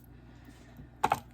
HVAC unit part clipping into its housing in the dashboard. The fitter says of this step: both sides you'll hear a little click